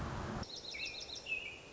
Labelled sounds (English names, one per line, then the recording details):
American Robin
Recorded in Sonoma County, California